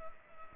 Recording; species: mosquito wingbeat signal from an infrared sensor; Culex pipiens